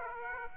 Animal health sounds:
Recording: mosquito wingbeat signal from an infrared sensor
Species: Aedes aegypti

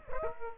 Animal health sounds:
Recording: mosquito wingbeat signal from an infrared sensor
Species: Aedes aegypti

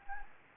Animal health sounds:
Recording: mosquito wingbeat signal from an infrared sensor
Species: Anopheles gambiae

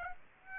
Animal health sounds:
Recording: mosquito wingbeat signal from an infrared sensor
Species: Aedes aegypti

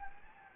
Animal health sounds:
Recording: mosquito wingbeat signal from an infrared sensor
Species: Anopheles gambiae

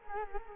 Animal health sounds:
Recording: mosquito wingbeat signal from an infrared sensor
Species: Culex quinquefasciatus

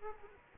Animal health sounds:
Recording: mosquito wingbeat signal from an infrared sensor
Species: Aedes aegypti

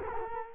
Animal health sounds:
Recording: mosquito wingbeat signal from an infrared sensor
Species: Culex quinquefasciatus

